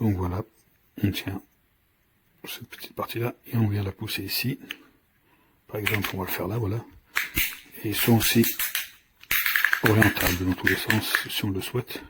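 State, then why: Seated. A plastic clip mount, held by its small tab, is pushed into the slot on a Hoestr A32 64GB body camera while someone talks. A sharp snap at 7.2 s marks the mount seating in the camera housing, followed by more talking and a few light clicks.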